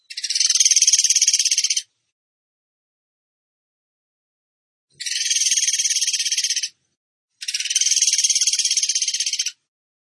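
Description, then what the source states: Bird song of rapid rattling trills, one burst, a long silence, then two more bursts close together. Masteran (training) song in the 'tembakan gacor' style.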